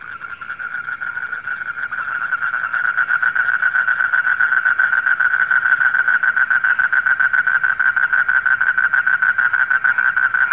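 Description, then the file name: Frogs calling: a continuous stream of rapid, buzzing pulses that swells in loudness over the first few seconds and then holds steady. Frogs calling at night. "suara kodok di malam hari"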